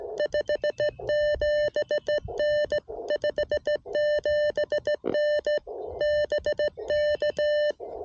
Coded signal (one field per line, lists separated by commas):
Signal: Morse code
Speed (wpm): 16 wpm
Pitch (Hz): 600 Hz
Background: none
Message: 57N 57N BK